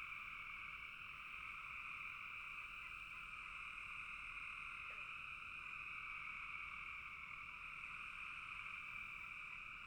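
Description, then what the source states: Massed frog calls merging into one continuous buzzing trill, steady throughout, with a faint short click midway. Several frogs calling together in a bog.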